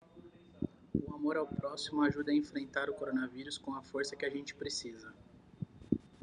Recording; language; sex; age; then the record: spoken sentence; Brazilian Portuguese; male; 30 to 39 years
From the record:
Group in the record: control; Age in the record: 31 years